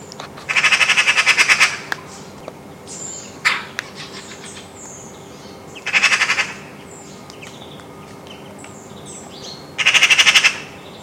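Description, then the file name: Eurasian magpie giving harsh rattling chatter in three bursts of rapid repeated notes, over steady background noise. "Pica pica"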